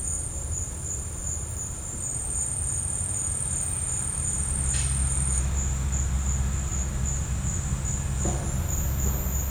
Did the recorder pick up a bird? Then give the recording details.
no. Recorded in secondary vegetation near Puerto Asís, Putumayo, Colombia, on 19 March 2025 at 14:00. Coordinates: 0.502, -76.326. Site G100